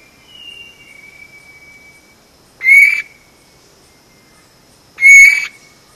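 Vogelkop bowerbird giving two harsh, buzzy, nasal notes about two seconds apart, after a faint thin whistle at the start.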